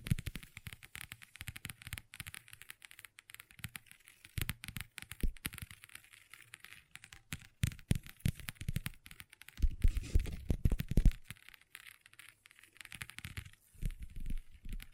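Long nails tap and scratch on a tabletop in quick, uneven bursts of sharp clicks that run through the whole clip. Denser scraping passages come around the tenth and eleventh seconds and again near the end, adding a low rumble beneath the crisp ticks.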